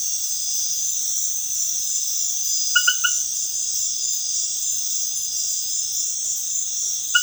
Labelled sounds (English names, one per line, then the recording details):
none
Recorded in dense forest near Puerto Asís, Putumayo, Colombia, on 19 February 2024 at 22:30
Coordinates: 0.505, -76.324
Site G6467